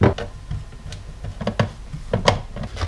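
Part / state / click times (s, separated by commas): Phillips screw into steering wheel plastic casing / stripped / 1.5 s, 1.6 s, 2.1 s, 2.3 s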